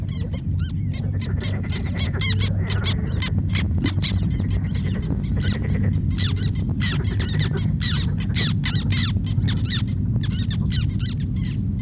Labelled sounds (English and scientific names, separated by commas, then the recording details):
Black Tern (Chlidonias niger) call
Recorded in the wild
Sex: group
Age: diverse
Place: Elblag, Warminsko-Mazurskie, PL
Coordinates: 54.1, 19.4667
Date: 1965-07-08 10:30
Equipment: Grundig TK 4, BG 20/6 - 19 cm/s
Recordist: Schubert, Michael